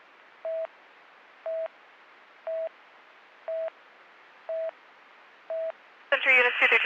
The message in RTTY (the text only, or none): none